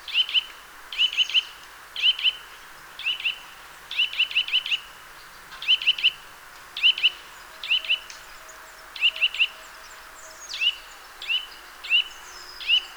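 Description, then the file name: Eurasian nuthatch giving quick clusters of two to four piping notes, repeated steadily throughout, later ones becoming single or paired. "Sitta europaea"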